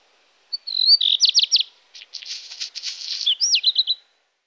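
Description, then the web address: Black redstart song: a brief whistled opening, a short run of clipped notes, a dry crackling rattle, then a quick twisting flourish of high notes, about three and a half seconds. "IVN Zangvogels. Zwarte roodstaart"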